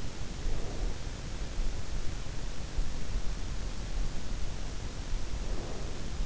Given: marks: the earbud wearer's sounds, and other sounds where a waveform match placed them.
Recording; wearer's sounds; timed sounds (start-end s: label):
sounds in sleep by an in-ear microphone; breath
0.23-1.30 s: breath
5.23-6.25 s: breath